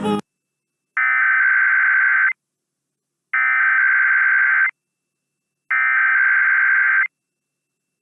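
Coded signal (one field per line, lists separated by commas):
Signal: Emergency Alert System (SAME) tones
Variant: header bursts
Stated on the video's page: Weekend required tests.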